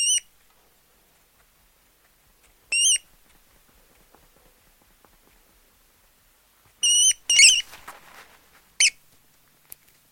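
Rat giving a few thin, bright squeaks separated by long pauses, with a scratchy, rustling burst among the later squeaks.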